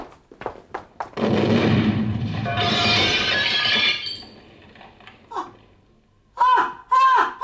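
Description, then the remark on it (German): A bomb explodes at a house at around 10 pm: a loud, roaring blast with shattering debris fills about three seconds, then after a lull a baby lets out two sharp, high-pitched shrieks. “Kreischen erschreckte mich mehr als die Bombe.”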